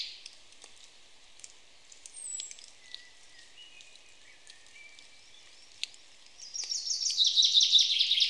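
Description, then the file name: Common chaffinch bursting into a fast, ringing trill after several seconds of faint scattered chirps and thin whistles. "Fringilla coelebs"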